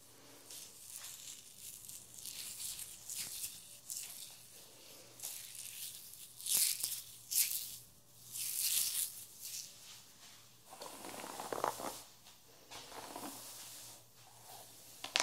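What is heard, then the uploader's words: A haircut on real hair with no talking: soft, bright bursts of snipping and brushing come every second or so, with sharper crisp snips around the middle. A low steady hum runs underneath, and a fuller rustle swells near the end. Haircut Real Hair and No Talking.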